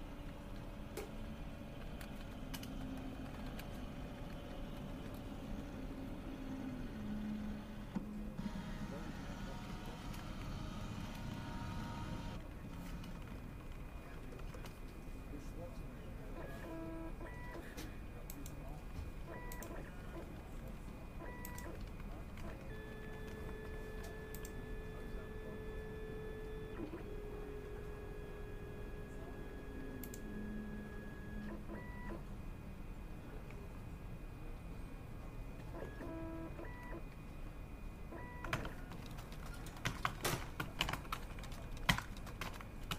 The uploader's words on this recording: A relaxing day at a corner office in a commercial building. The sound of conversations, Xerox machines, keyboard typing, and phones ringing.